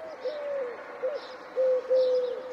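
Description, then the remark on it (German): A Eurasian collared dove (Streptopelia decaocto) calls in a steady series of soft, low cooing notes, each a hollow hoot with brief gaps between, set against a faint background hiss with no voices. “Am nächsten Morgen erfährt er, es war der Ruf der Türkentaube, der Streptopelia decaoctor, die sich Anfang der 1940er Jahre vom Südosten Europas her ausgebreitet hat.”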